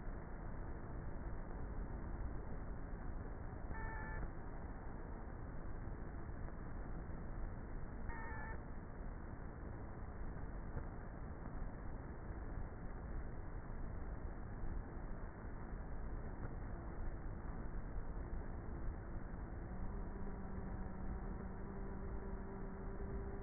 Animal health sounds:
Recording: honeybee colony, microphone inside the hive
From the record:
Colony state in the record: queenless with a low population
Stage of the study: before two queens were removed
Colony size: about 30,000 bees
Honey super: no

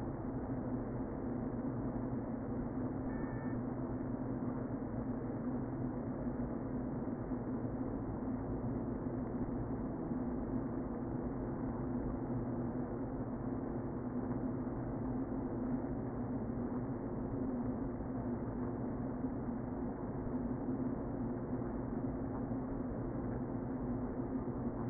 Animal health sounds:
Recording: honeybee colony, microphone inside the hive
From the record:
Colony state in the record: queen present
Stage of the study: before two queens were removed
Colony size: about 60,000 bees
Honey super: yes

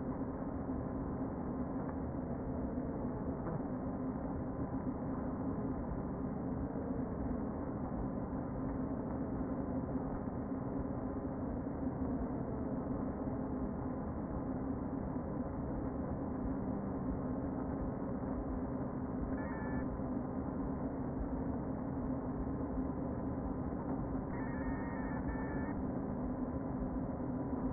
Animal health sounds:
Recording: honeybee colony, microphone inside the hive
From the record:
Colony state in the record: queen present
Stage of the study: before two queens were removed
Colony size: about 60,000 bees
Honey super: yes

